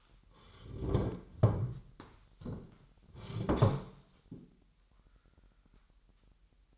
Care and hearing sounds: daily activity, microphone in the room; sit down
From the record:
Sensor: 3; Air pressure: 998.5 hPa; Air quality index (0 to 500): 132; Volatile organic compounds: 4 ppm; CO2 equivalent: 1577 ppm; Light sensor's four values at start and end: 10/23/10/11 and 8/19/8/8

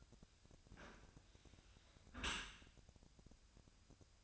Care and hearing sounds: daily activity, microphone in the room; close dishwasher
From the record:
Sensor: 2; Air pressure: 1002.9 hPa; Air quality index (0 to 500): 197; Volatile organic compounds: 6 ppm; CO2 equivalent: 1874 ppm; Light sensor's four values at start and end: 14/32/14/15 and 14/33/14/15

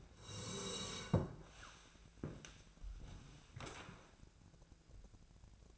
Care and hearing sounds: daily activity, microphone in the room; sit down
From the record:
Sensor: 2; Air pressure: 1000.3 hPa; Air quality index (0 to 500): 160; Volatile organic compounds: 3 ppm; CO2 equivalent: 1336 ppm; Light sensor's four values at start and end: 8/17/7/8 and 8/19/8/8

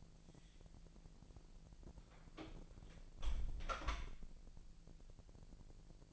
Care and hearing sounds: daily activity, microphone in the room; close door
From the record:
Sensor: 5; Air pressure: 1001.4 hPa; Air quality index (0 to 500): 248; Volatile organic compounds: 35 ppm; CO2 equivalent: 3060 ppm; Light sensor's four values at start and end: 37/86/34/33 and 37/86/35/34

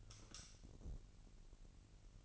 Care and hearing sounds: daily activity, microphone in the room; light off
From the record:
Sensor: 4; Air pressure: 1002.7 hPa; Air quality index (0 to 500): 250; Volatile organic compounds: 18 ppm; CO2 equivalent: 2635 ppm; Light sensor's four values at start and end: 6/15/6/6 and 6/13/5/5

